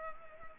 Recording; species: mosquito wingbeat signal from an infrared sensor; Culex pipiens